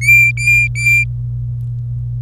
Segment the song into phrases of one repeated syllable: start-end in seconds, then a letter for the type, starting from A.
0.01-1.04 A